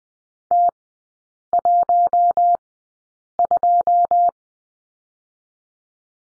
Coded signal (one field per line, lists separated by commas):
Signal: Morse code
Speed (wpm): 20 wpm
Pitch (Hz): 700 Hz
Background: none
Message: T12